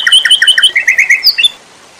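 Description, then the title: White-rumped shama song fragment: a quick series of repeated chirping notes, then a few slurred notes ending in a higher note before silence. Masteran training recording for cage birds, titled Labaik. "MURAI BATU LABAIK"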